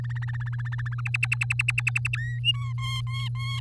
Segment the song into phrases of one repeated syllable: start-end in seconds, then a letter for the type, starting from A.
0.00-1.01 A, 1.05-2.17 B, 2.18-2.39 C, 2.44-2.73 D, 2.78-3.60 E